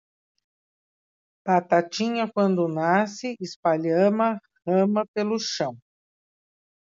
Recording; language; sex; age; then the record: short text; Brazilian Portuguese; female; 60 to 69 years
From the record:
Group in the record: control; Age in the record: 68 years